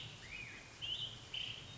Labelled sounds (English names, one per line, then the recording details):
Black-headed Grosbeak
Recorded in Sonoma County, California